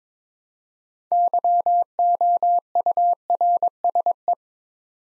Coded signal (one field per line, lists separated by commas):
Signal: Morse code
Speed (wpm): 22 wpm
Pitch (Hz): 700 Hz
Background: none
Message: YOURSE